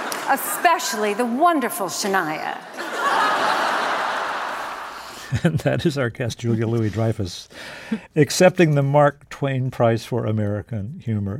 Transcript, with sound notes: especially the wonderful Shania.
(LAUGHTER)
And that is our guest, Julia Louis-Dreyfus, accepting the Mark Twain Prize for American Humor.